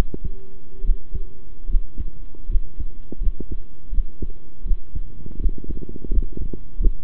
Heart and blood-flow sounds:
heart sounds by stethoscope; between the tricuspid and mitral areas; 81 bpm
0.83 s: heartbeat
1.68 s: heartbeat
2.48 s: heartbeat
3.20 s: heartbeat
3.91 s: heartbeat
4.65 s: heartbeat
5.39 s: heartbeat
6.10 s: heartbeat
6.79 s: heartbeat
From the record:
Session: rest, sitting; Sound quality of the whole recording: good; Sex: male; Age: 23 years

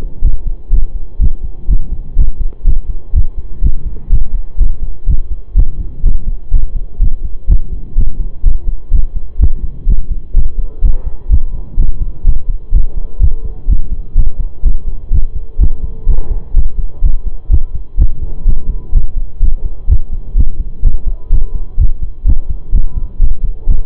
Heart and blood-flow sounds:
heart sounds by stethoscope; between the tricuspid and mitral areas; 125 bpm
0.23 s: heartbeat
0.71 s: heartbeat
1.20 s: heartbeat
1.69 s: heartbeat
2.17 s: heartbeat
2.65 s: heartbeat
3.14 s: heartbeat
3.62 s: heartbeat
4.10 s: heartbeat
4.59 s: heartbeat
5.07 s: heartbeat
5.56 s: heartbeat
6.04 s: heartbeat
6.52 s: heartbeat
7.00 s: heartbeat
7.48 s: heartbeat
7.96 s: heartbeat
8.44 s: heartbeat
8.92 s: heartbeat
9.40 s: heartbeat
9.87 s: heartbeat
10.35 s: heartbeat
10.82 s: heartbeat
11.30 s: heartbeat
11.78 s: heartbeat
12.25 s: heartbeat
12.73 s: heartbeat
13.20 s: heartbeat
13.68 s: heartbeat
14.16 s: heartbeat
14.64 s: heartbeat
15.11 s: heartbeat
15.59 s: heartbeat
16.07 s: heartbeat
16.55 s: heartbeat
17.03 s: heartbeat
17.50 s: heartbeat
17.98 s: heartbeat
18.46 s: heartbeat
18.93 s: heartbeat
19.41 s: heartbeat
19.88 s: heartbeat
20.36 s: heartbeat
20.83 s: heartbeat
21.31 s: heartbeat
21.78 s: heartbeat
22.26 s: heartbeat
22.73 s: heartbeat
23.20 s: heartbeat
23.67 s: heartbeat
From the record:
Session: pedaling a stationary bicycle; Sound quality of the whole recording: saturated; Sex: male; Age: 25 years

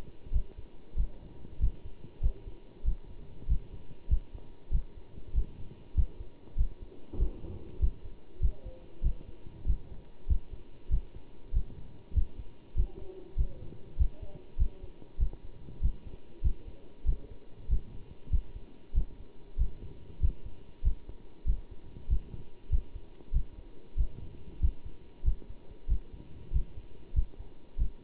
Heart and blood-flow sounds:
heart sounds by stethoscope; between the tricuspid and mitral areas; 96 bpm
0.32 s: heartbeat
0.96 s: heartbeat
1.60 s: heartbeat
2.22 s: heartbeat
2.84 s: heartbeat
3.48 s: heartbeat
4.09 s: heartbeat
4.71 s: heartbeat
5.34 s: heartbeat
5.95 s: heartbeat
6.57 s: heartbeat
7.18 s: heartbeat
7.80 s: heartbeat
8.41 s: heartbeat
9.03 s: heartbeat
9.66 s: heartbeat
10.28 s: heartbeat
10.90 s: heartbeat
11.53 s: heartbeat
12.14 s: heartbeat
12.76 s: heartbeat
13.37 s: heartbeat
13.98 s: heartbeat
14.58 s: heartbeat
15.19 s: heartbeat
15.81 s: heartbeat
16.43 s: heartbeat
17.05 s: heartbeat
17.69 s: heartbeat
18.31 s: heartbeat
18.94 s: heartbeat
19.58 s: heartbeat
20.21 s: heartbeat
20.83 s: heartbeat
21.46 s: heartbeat
22.09 s: heartbeat
22.70 s: heartbeat
23.33 s: heartbeat
23.97 s: heartbeat
24.61 s: heartbeat
25.24 s: heartbeat
25.88 s: heartbeat
26.52 s: heartbeat
27.15 s: heartbeat
27.78 s: heartbeat
From the record:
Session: bicycle stress test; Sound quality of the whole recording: good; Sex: male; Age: 27 years

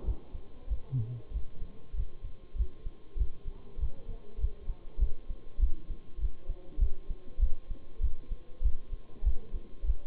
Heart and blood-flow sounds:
heart sounds by stethoscope; between the tricuspid and mitral areas; 98 bpm
0.05 s: heartbeat
0.69 s: heartbeat
1.32 s: heartbeat
1.95 s: heartbeat
2.57 s: heartbeat
3.18 s: heartbeat
3.79 s: heartbeat
4.40 s: heartbeat
5.00 s: heartbeat
5.60 s: heartbeat
6.20 s: heartbeat
6.80 s: heartbeat
7.40 s: heartbeat
8.01 s: heartbeat
8.63 s: heartbeat
9.24 s: heartbeat
9.85 s: heartbeat
From the record:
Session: Bruce protocol treadmill stress test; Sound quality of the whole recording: partially saturated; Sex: male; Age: 23 years

